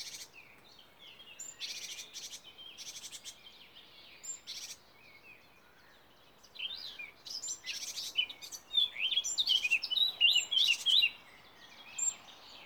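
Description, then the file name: Bird song: thin high chirps at first, then a lively run of quick, sharp twittering notes near the end, over a constant background hiss. "Vögel"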